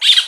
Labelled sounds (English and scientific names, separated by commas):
Brown-throated Parakeet (Eupsittula pertinax) contact call